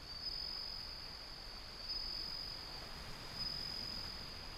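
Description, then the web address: Bell cricket song, a high, steady ringing tone with brighter bell-like bursts about every one and a half seconds, over a constant broad rush of wind or surf. Windy scene with ocean sound. "windy scape osean sound suzumushi"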